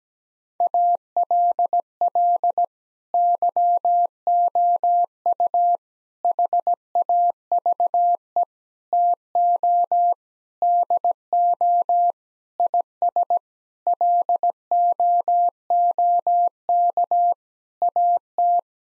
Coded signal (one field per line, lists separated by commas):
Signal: Morse code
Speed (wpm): 17 wpm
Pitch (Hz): 700 Hz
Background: none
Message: ALL YOU HAVE TO DO IS LOOK AT